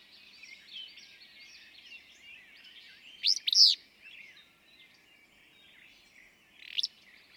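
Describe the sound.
Willow flycatcher giving one loud, buzzy, snapped phrase midway, then a brief fainter note near the end, amid busy high twittering from other birds.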